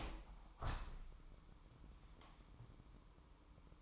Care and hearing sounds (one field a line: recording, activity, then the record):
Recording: daily activity, microphone in the room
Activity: open window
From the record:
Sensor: 1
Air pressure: 998.0 hPa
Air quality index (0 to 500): 121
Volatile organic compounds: 3 ppm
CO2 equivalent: 1444 ppm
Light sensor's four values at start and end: 17/57/23/23 and 17/56/23/23